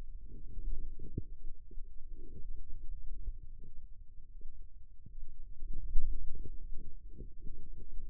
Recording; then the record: forearm muscle sounds (acoustic myography)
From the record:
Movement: radial deviation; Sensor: system 2, bracelet of six BSWA MPA416 microphones around the upper forearm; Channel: 5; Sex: female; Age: 25 years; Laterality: right